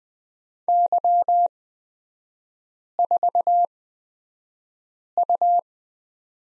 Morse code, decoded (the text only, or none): Y4U